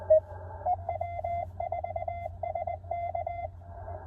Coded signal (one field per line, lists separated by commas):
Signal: Morse code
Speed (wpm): 20 wpm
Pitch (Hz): 2050 Hz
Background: radio noise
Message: W4SK